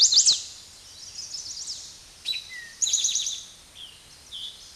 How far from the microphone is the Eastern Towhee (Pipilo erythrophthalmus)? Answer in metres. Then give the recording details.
about 5 m. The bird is about level with the microphone. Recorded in a Pennsylvania forest on 16 May 2024 at 06:13. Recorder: AudioMoth, point MSD-0627. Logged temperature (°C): 14.8 °C. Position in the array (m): 106 m, 7 m